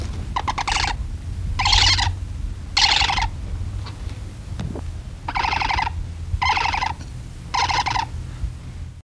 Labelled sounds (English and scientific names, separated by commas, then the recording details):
Spectacled Owl (Pulsatrix perspicillata) call
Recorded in captivity
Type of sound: call
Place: Zoo Hannover, Niedersachsen, DE
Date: 1974-03-12
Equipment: Halbspur, 9,5 cm/s
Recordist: Lütgens, Hans
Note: Wieder im Nest